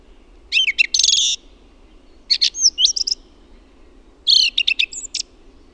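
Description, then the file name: Song thrush delivering three quick bright phrases of sharp chirps and whistled notes, each burst about a second long with brief silences between, soft hum beneath. "LAULURASTAS"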